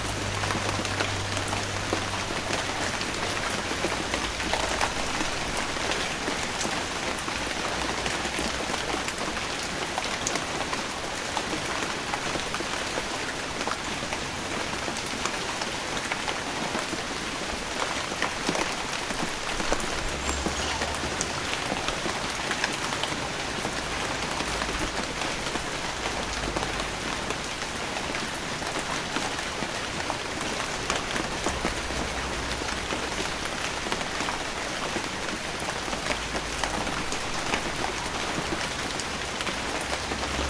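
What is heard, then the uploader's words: Rain falls on a windshield in a dense, steady patter of countless droplets, hissy and bright, holding an even level for the whole forty seconds. Underneath, a faint low hum rises and fades in a few places, around 20 and 32 seconds. Rain Windshield Droplets. White noise. Dripping,droplets.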